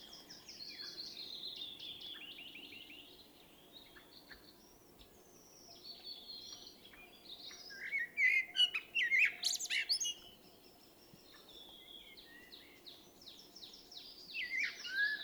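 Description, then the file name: Common blackbird singing fluty warbled phrases midway that finish in squeaky twitters, amid high chirping throughout. "Turdus merula"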